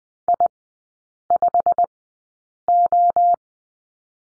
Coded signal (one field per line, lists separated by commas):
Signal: Morse code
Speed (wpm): 20 wpm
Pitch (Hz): 700 Hz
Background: none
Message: I5O